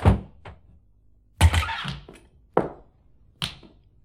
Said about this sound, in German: Ein kurzes Zögern, ein harter Schlag, die Tür wurde mit einer Krücke aufgestoßen.